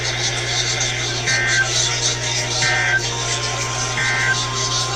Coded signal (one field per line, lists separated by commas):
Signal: Emergency Alert System (SAME) tones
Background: speech